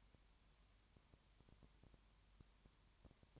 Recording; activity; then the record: daily activity, microphone in the room; no activity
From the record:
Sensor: 3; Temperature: 21.1 degrees Celsius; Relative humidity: 37.0%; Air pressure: 1010.6 hPa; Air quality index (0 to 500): 204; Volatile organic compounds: 31 ppm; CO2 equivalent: 2974 ppm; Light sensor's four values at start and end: 2/3/2/2 and 2/3/2/2